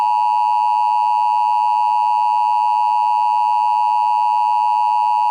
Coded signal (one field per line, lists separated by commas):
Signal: Emergency Alert System (SAME) tones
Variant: 853 and 960 Hz attention tone